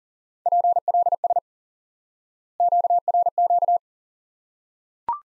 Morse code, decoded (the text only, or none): PLS QRQ